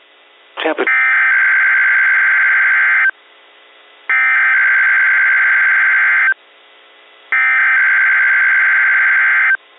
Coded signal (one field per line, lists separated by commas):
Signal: Emergency Alert System (SAME) tones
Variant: header bursts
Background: speech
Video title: 5/24/23 BOX RWT On WXJ41 EAS#345